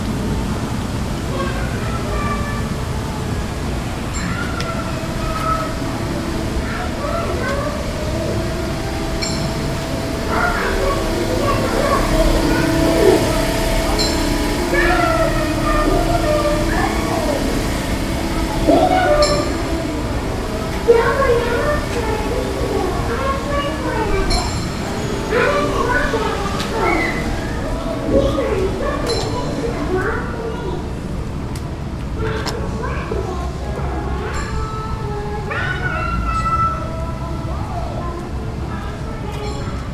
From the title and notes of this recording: Universal Islands of Adventure audio journey. The amazing sounds that come from a Theme Park.